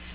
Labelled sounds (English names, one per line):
Nashville Warbler flight call